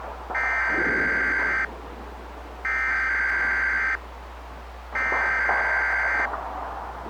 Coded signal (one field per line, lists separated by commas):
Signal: Emergency Alert System (SAME) tones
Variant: header bursts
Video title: Dark Sun - A Mini EAS Scenario